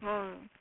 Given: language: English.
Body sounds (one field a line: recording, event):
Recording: throat vibration sensor signal played as sound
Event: speech